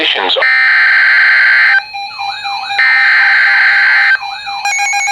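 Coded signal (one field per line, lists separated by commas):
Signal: Emergency Alert System (SAME) tones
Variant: header bursts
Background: speech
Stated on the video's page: Severe Thunderstorm Warning received from a NOAA Weather Radio station in Milwaukee, Wisconsin.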